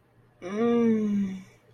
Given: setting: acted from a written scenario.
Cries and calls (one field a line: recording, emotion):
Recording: vocal sound without words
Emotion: ecstasy